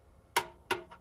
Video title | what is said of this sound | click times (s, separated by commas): eric nichols is live! | okay we heard a click | 0.4 s, 0.7 s